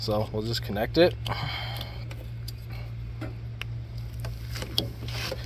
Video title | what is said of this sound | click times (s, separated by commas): Super Bright headlights with @AUXITOLED Headlights - #ford #fyp #viral | Listen for the click. It clicked. | 4.8 s